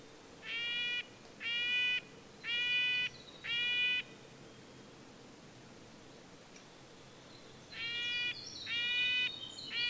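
Red-breasted nuthatch repeating short nasal toots about once a second in two bursts, with a brief high twitter near the end and a soft background hiss.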